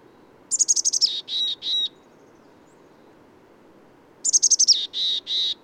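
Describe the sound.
Bird song: two phrases about four seconds apart, each a quick run of high, thin notes sliding downward, then two or three longer, steady lower whistles.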